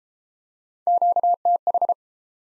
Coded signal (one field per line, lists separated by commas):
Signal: Morse code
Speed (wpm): 30 wpm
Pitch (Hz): 700 Hz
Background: none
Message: QTH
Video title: Top 20 QSO Elements - Speed-Racing - 22wpm